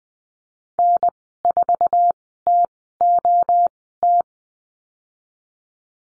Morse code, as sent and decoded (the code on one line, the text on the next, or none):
-. ....- - --- -
N4TOT